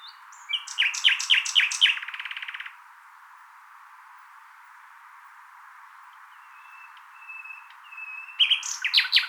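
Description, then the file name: Common nightingale song: a run of sharp, descending chirps followed by a dry rattle, a pause with soft whistles, then more sharp chirps. "Luscinia megarhynchos"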